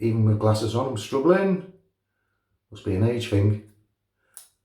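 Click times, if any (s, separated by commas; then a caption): 4.4 s. A single-edge razor blade is pressed down into the head of a ONEBLADE Core single edge razor until it seats. Someone talks for most of the clip, then a sharp, short click is heard at 4.4 seconds as the blade clicks into place.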